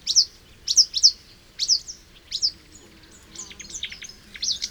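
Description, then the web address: Marsh warbler song: high, sharp down-slurred notes spaced apart, then a quicker jumble of chattering notes. "chant rousserolle verderolle"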